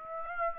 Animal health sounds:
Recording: mosquito wingbeat signal from an infrared sensor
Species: Aedes aegypti

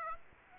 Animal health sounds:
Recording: mosquito wingbeat signal from an infrared sensor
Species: Aedes aegypti

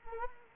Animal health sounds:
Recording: mosquito wingbeat signal from an infrared sensor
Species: Anopheles arabiensis

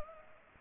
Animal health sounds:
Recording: mosquito wingbeat signal from an infrared sensor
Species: Culex pipiens

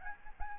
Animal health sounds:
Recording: mosquito wingbeat signal from an infrared sensor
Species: Aedes albopictus

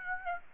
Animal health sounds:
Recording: mosquito wingbeat signal from an infrared sensor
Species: Aedes aegypti

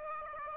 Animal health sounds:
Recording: mosquito wingbeat signal from an infrared sensor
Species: Aedes aegypti

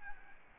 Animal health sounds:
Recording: mosquito wingbeat signal from an infrared sensor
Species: Aedes albopictus

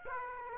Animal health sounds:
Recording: mosquito wingbeat signal from an infrared sensor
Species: Aedes aegypti

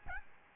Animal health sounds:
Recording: mosquito wingbeat signal from an infrared sensor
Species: Aedes albopictus

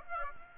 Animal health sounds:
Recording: mosquito wingbeat signal from an infrared sensor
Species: Aedes aegypti

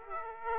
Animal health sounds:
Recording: mosquito wingbeat signal from an infrared sensor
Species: Aedes aegypti

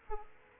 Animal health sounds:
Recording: mosquito wingbeat signal from an infrared sensor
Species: Aedes aegypti

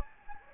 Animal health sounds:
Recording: mosquito wingbeat signal from an infrared sensor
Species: Anopheles gambiae

